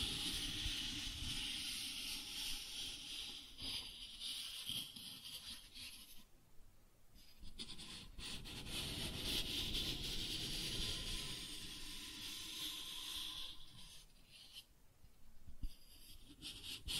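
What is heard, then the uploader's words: Cardboard is scratched and traced in a continuous rough rasping with a low rumble, briefly pausing near six and fourteen seconds. Cardboard Scratching, Tracing, Tearing.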